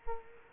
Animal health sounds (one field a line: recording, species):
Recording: mosquito wingbeat signal from an infrared sensor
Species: Culex quinquefasciatus